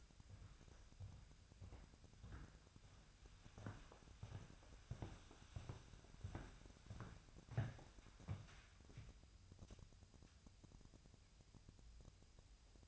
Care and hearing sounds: daily activity, microphone in the room; walk to room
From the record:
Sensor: 2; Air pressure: 999.8 hPa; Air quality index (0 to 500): 118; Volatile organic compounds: 2 ppm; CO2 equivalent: 1017 ppm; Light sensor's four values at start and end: 30/70/31/35 and 29/68/30/34

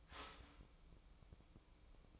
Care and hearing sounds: daily activity, microphone in the room; start toaster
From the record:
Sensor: 1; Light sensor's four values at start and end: 8/19/7/8 and 8/19/7/8

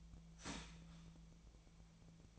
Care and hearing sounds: daily activity, microphone in the room; start toaster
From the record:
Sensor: 1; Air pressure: 1009.3 hPa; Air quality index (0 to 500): 196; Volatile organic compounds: 19 ppm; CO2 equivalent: 2672 ppm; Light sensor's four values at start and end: 19/48/19/23 and 17/45/18/21

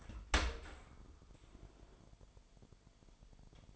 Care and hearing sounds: daily activity, microphone in the room; open dishwasher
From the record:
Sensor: 5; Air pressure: 998.4 hPa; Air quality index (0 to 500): 83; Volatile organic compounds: 1 ppm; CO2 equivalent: 941 ppm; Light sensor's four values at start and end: 20/48/20/22 and 21/49/20/23

